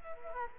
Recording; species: mosquito wingbeat signal from an infrared sensor; Culex quinquefasciatus